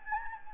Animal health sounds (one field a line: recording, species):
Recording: mosquito wingbeat signal from an infrared sensor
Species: Anopheles gambiae